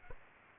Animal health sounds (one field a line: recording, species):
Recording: mosquito wingbeat signal from an infrared sensor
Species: Aedes aegypti